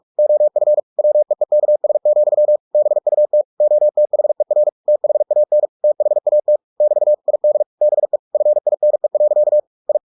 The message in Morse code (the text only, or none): OF WEEKS, BUT OTHER THAN THAT <BT> ID BE FINE. I